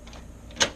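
The drum access cover on a Xerox copier is pressed shut with light pressure. After a couple of faint ticks, it latches with a single sharp snap at 0.6 s, and the cover is closed.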